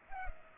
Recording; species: mosquito wingbeat signal from an infrared sensor; Culex pipiens